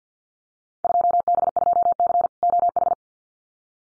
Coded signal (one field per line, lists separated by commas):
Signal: Morse code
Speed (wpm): 50 wpm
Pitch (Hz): 700 Hz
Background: none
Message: 2B2C OH